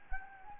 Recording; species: mosquito wingbeat signal from an infrared sensor; Anopheles gambiae